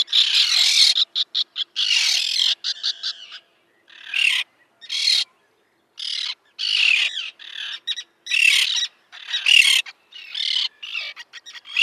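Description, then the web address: Common tern young calling with rasping, high-pitched squeaks, short clusters and longer scratchy notes broken by brief pauses. Downy young. "Schulze Peter Common Tern downy Young"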